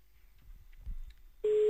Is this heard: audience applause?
no